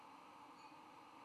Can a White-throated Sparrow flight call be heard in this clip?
no